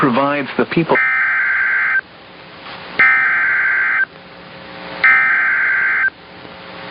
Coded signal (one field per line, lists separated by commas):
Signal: Emergency Alert System (SAME) tones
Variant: header bursts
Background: speech